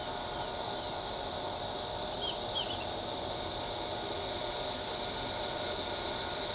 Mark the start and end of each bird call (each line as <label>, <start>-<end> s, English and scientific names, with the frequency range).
Black-chested Jay (Cyanocorax affinis) (2.5-3.6 kHz), 0.00-0.96 s
Ochre-lored Flatbill (Tolmomyias flaviventris) (4.6-5.9 kHz), 0.34-0.67 s